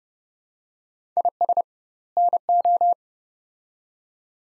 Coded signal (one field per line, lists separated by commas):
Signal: Morse code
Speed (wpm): 30 wpm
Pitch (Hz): 700 Hz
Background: none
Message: IS NO